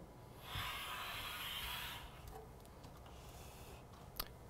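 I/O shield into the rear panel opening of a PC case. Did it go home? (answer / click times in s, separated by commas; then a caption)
yes / 4.2 s. A metal I/O shield (backplate) is pressed into the rear panel opening of a Silverstone Grandia GD09B HTPC case, with a soft broadband rustle from about 0.5 to 2.0 s and faint scrapes after. A sharp, short snap at 4.2 s marks the shield seating in the case.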